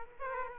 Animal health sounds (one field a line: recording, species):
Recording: mosquito wingbeat signal from an infrared sensor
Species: Aedes aegypti